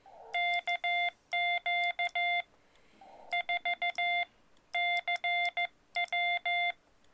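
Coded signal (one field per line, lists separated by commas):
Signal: Morse code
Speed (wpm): 14 wpm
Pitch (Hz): 690 Hz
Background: none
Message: KQ4CW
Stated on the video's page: POTA activation in Morse code from a BLM recreation area using a Xiegu X-6100.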